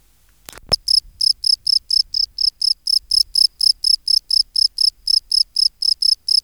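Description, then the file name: Field cricket song: a steady run of short, pure, high chirps, roughly four per second, after a sharp knock at the start. "Bio Acoustica. Gryllus campestris"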